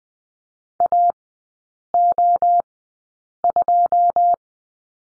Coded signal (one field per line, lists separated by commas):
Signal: Morse code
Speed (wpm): 20 wpm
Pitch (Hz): 700 Hz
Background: none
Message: AO2